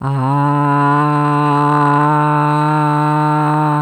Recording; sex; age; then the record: sustained vowel /a/; female; 60 to 69 years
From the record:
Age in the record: 69 years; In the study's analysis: included